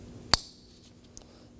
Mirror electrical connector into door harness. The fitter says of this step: Just push in until you hear an audible click.